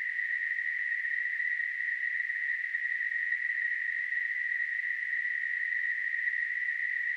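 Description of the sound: Simulated tinnitus: a steady, continuous narrowband hiss centred near 2 kHz, unchanging throughout.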